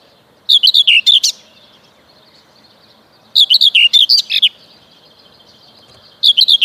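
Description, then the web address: Common whitethroat song, quick rattling, scratchy phrases of about a second, delivered roughly every three seconds against a quiet background. "Przyroda Ptaki Cierniówka"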